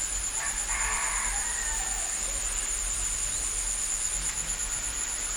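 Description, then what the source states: Crickets trill steadily and high-pitched while a rooster crows once near the start. Crickets recorded in a village on Bali.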